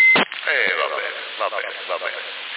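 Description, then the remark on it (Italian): A CB radio transmission, made while operators test an echo board, opens with a sharp keying burst, then a thin, band-limited voice talks steadily with an echo effect trailing the speech, all at a fairly even, moderate loudness. “Come mi copri con l'eco? Perfetto, bella, chiara, forte, con l'eco naturalmente.”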